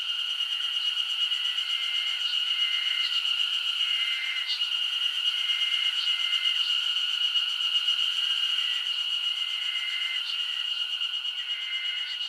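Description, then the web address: Insect chorus holding a continuous shrill tone, broken by repeated brief buzzing bursts at a lower pitch and scattered high clicks. Insect chorus recorded as a summer ambience in Japan. "Foundation 1 AMBIENCE JAPANESE SUMMER INSECTS"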